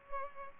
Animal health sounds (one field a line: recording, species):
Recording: mosquito wingbeat signal from an infrared sensor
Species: Culex pipiens